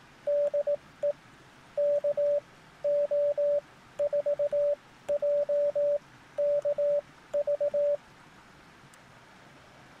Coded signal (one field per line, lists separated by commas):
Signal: Morse code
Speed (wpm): 18 wpm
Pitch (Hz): 580 Hz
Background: radio noise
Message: DE KO4JKV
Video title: Parks on the Air - Ham Radio Outdoors - My First CW Activation -Almost-